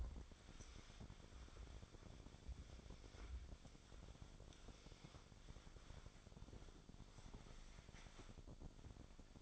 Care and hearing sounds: daily activity, microphone in the room; wipe stove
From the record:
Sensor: 5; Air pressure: 1007.1 hPa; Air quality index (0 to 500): 173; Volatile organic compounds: 4 ppm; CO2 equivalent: 1662 ppm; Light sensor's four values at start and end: 53/144/57/57 and 53/148/58/58

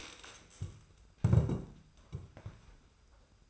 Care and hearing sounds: daily activity, microphone in the room; stand up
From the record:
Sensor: 2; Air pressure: 990.4 hPa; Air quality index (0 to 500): 183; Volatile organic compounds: 1000 ppm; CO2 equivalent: 5812 ppm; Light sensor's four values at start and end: 26/61/25/25 and 28/64/27/27

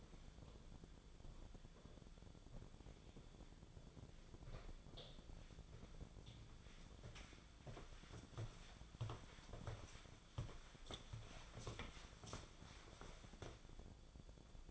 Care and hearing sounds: daily activity, microphone in the room; walk to room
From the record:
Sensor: 5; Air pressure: 1010.2 hPa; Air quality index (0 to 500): 139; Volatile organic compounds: 3 ppm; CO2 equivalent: 1362 ppm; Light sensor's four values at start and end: 279/696/292/320 and 283/686/294/327

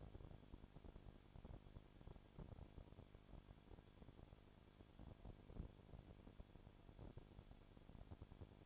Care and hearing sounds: daily activity, microphone in the room; no activity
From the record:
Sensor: 5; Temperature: 20.2 degrees Celsius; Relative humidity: 36.5%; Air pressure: 1001.2 hPa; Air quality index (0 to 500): 176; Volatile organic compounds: 4 ppm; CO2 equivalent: 1607 ppm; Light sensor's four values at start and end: 2/3/1/1 and 2/3/1/1

